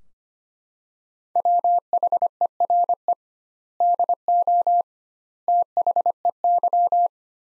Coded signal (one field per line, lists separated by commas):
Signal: Morse code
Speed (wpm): 25 wpm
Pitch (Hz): 700 Hz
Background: none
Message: WHERE DO THEY